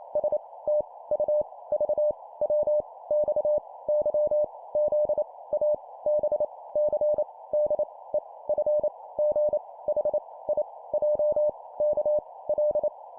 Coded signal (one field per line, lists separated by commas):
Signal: Morse code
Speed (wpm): 28 wpm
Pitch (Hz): 600 Hz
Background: none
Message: S T U V W X Y Z A B C D E F G H I J K L